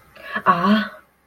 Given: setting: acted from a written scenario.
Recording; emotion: vocal sound without words; negative surprise